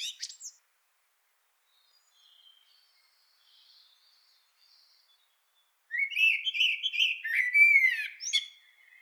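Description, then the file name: Common blackbird singing a short fluted warble that breaks into thin, high twittering notes, after a quiet stretch with faint calls. "Turdus merula"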